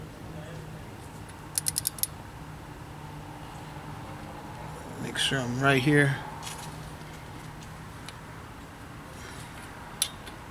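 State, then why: Torque reached. A torque wrench tightens a spark plug into the aluminum cylinder head of a 1998 Toyota Corolla VE with 275,773 miles, set to 15 ft-lb. After a quick burst of light metallic clicks near 1.6–2.0 s and someone talking, the wrench gives a single sharp click at its setting at 10.0 s, confirming the plug is torqued.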